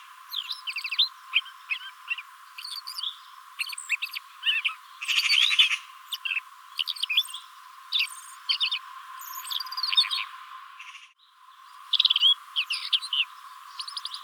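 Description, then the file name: Common blackbird giving a long run of sharp chirps and scratchy rattling notes, dense and irregular, with a brief quiet gap near the end before calling resumes. "Turdus merula"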